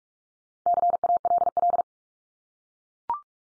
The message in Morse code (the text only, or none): CALL